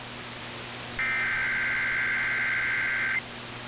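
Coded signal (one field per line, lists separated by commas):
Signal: Emergency Alert System (SAME) tones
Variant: header bursts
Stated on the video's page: Tennessee statewide Amber Alert relayed by the National Weather Service Nashville, received on AM 1510.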